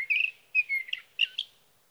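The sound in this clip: Sage thrasher song phrases, a slurred whistle followed by a few warbled notes with short gaps, clear and unaccompanied.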